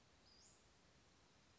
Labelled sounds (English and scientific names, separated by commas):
Western Flycatcher (Empidonax difficilis)